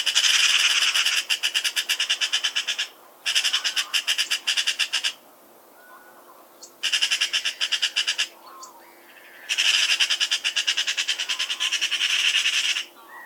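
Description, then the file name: Eurasian magpie chattering: harsh, dry rattling bursts of rapid clicks, four runs of a few seconds each separated by short pauses, with a faint low hum beneath. Recorded 16 August 1999. "Pica pica"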